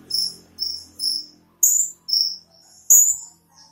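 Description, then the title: Small bird chirping: high, thin notes in short bursts, with a sharp click near the end. "Burung Kecil"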